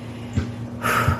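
Brief, harsh, snorting cough burst from a dog in the background indoors; the dog's coughing has returned after two emergency vet visits and two steroid shots given to reduce inflammation.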